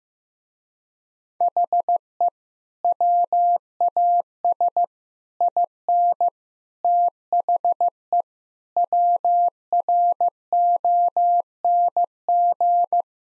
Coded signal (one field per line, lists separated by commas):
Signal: Morse code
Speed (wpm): 16 wpm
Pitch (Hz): 700 Hz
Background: none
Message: HE WAS IN THE WRONG